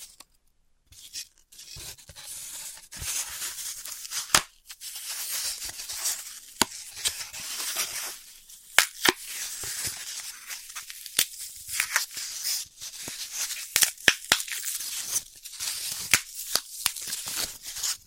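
Floral foam is cut and crushed, a bright gritty scraping that runs almost nonstop, broken by sharp snaps and taps every second or so.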